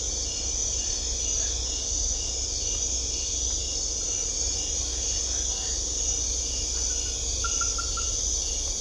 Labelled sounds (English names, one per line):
none